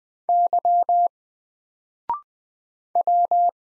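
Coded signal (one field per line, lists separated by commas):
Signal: Morse code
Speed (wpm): 20 wpm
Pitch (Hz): 700 Hz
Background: none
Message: Y W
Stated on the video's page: Morse code drill of single letters at 20 wpm, each letter sent, then spoken after a 0.6 second pause, then sent again.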